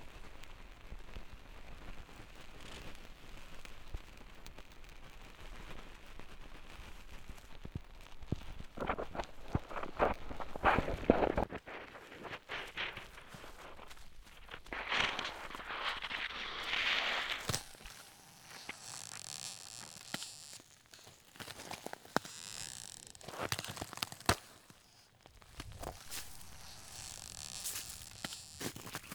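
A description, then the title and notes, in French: Footsteps crunch through snow in bursts of dense, crackling steps, easing after about eighteen seconds into quieter scattered crunches and brushing handling sounds. Les pas et les micros dans la neige. Craquements et crépitements glacés. Paysage du Jura en hiver. Enregistré en décembre 2014.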